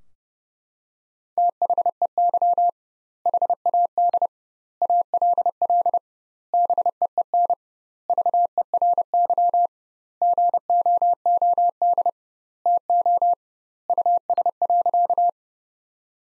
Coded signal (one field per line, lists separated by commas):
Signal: Morse code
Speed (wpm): 30 wpm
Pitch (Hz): 700 Hz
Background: none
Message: THEY HAD ALL BEEN VERY GOOD TO US.